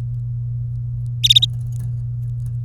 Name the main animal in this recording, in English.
Domestic Canary